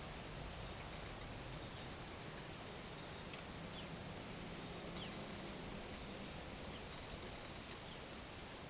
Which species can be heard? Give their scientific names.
none